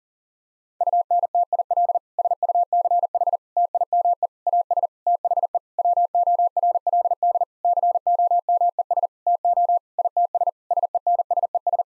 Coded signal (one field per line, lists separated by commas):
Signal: Morse code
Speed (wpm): 40 wpm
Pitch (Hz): 700 Hz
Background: none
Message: UNTIL SUCH TIME AS THE WORLD COMES TO ITS SENSES